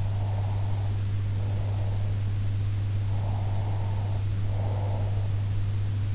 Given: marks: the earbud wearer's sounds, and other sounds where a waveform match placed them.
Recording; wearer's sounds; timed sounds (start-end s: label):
sounds in sleep by an in-ear microphone; breath
0.00-2.03 s: breath
3.17-5.43 s: breath